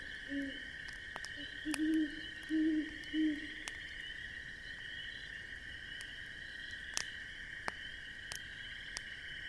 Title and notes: An Autumn Campfire in the Midwest. Owls. I hear the distant hoot of an owl